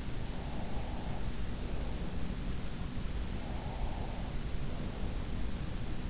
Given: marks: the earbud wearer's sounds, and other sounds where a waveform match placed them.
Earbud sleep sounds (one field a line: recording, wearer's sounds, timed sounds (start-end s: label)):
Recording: sounds in sleep by an in-ear microphone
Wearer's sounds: breath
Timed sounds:
0.29-2.32 s: breath
3.30-5.31 s: breath